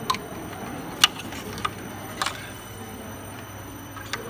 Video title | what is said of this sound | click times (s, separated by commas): Kwheel LQ solowheel how to get the charging port with lines out for repairing | 然后弄好以后，这边这样是卡进去的，放嘛，再往里放，对，好，这样卡，然后螺丝打上 | 1.0 s